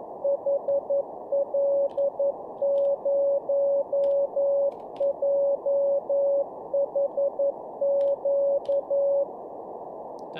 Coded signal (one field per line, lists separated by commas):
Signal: Morse code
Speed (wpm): 11 wpm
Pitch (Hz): 560 Hz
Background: none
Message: HL0JHQ